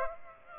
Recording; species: mosquito wingbeat signal from an infrared sensor; Aedes aegypti